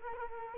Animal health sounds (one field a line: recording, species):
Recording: mosquito wingbeat signal from an infrared sensor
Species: Culex quinquefasciatus